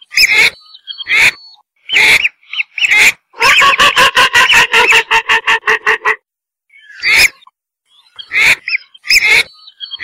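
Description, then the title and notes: Whistling duck calls: short whistled notes with sharp clicky onsets, then a fast run of about fifteen buzzy, evenly spaced notes, followed by more scattered whistles. "Kicau Burung Belibis"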